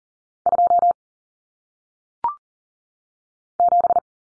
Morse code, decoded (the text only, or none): 2 7